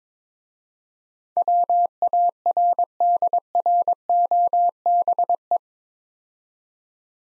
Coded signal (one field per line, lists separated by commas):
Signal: Morse code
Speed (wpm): 22 wpm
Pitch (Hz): 700 Hz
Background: none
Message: WARDROBE